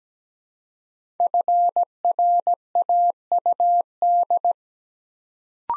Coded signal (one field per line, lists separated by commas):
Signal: Morse code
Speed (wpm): 17 wpm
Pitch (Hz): 700 Hz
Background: none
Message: FRAUD